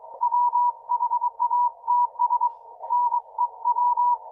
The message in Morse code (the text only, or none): WHATS NEW